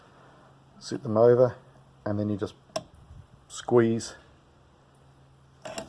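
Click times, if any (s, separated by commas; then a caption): 5.7 s, 5.8 s. A replacement plastic clip is positioned on the electric window regulator of a Holden Commodore VX/VY and squeezed on with slip-joint pliers while someone talks. After a short sharp tick at 2.8 s, the clip clicks into place with two sharp clicks at 5.7 s and 5.8 s, seating it on the regulator.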